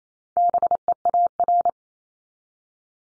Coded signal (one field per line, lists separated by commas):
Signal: Morse code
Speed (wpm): 28 wpm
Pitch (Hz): 700 Hz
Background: none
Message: BEAR